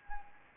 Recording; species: mosquito wingbeat signal from an infrared sensor; Anopheles gambiae